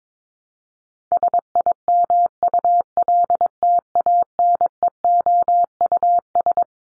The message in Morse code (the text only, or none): SIMULTANEOUS